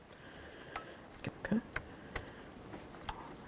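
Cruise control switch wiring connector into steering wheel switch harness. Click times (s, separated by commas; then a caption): 3.1 s. A plastic electrical connector for the cruise control switch on a 2007-2012 Dodge Caliber is lined up and pushed by hand into its mating socket in the steering wheel switch harness. Several short ticks and taps are heard, with a sharp click at 3.1 s as the connector seats. It is then wiggled and confirmed secure.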